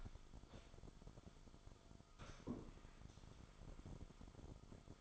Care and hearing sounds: daily activity, microphone in the room; sit down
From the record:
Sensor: 5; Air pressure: 1005.1 hPa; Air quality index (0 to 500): 104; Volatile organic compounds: 2 ppm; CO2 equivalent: 1277 ppm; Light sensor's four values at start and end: 34/78/31/29 and 34/79/31/30

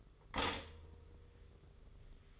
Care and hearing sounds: daily activity, microphone in the room; stop toaster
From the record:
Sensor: 4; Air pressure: 991.5 hPa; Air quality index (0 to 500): 137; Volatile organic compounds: 54 ppm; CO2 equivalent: 3346 ppm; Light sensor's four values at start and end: 18/57/22/22 and 18/56/21/21

